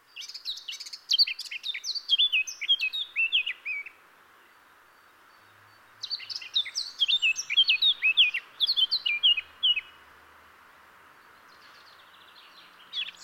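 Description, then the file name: Eurasian blackcap song, two bursts of fast warbling with sharp varied notes, separated by a quiet gap of about two seconds. "Sylvia atricapilla"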